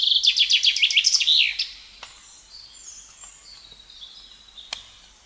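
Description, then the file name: Common chaffinch song: a rapid, bright trill of descending phrases ending in a short flourish in the first second and a half, then faint bird notes. "Fringilla coelebs"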